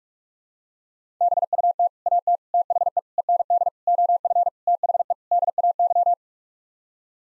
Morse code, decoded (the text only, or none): BUT AT THE END OF THE DAY